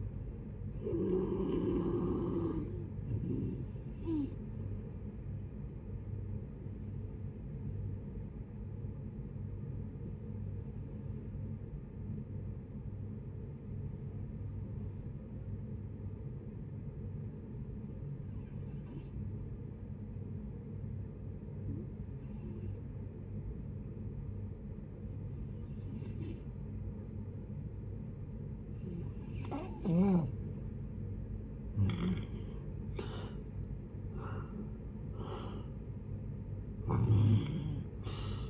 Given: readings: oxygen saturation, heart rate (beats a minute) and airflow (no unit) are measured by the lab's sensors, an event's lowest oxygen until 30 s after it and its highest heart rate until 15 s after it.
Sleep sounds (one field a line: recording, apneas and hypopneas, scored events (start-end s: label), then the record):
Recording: breathing in sleep by a smartphone at the bedside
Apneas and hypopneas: 1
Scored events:
5.00-30.50 s: hypopnea (N1, oxygen 95% highest, then 81% lowest, heart rate 73 at the start, 79 highest)
18.00-38.50 s: new sleep stage, N2 (light sleep)
From the record:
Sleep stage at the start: N1 (lightest sleep)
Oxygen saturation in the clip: 87 to 95%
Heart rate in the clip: 55 to 78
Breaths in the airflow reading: 8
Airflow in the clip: -12.2 to 12.7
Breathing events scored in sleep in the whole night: 496 in 5.4 hours asleep